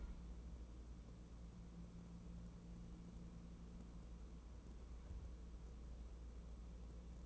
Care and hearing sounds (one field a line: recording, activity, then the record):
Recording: daily activity, microphone in the room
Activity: wipe stove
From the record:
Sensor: 1